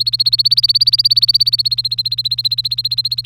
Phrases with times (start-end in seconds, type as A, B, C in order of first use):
0.00-3.26 A